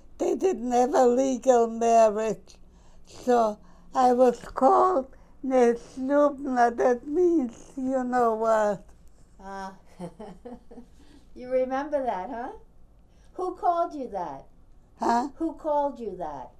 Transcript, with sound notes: They didn't have a legal marriage so I was called "Snubnah", that means you know what.
Ah, (she laughs) you remember that, huh? Who called you that?
Huh?
Who called you that?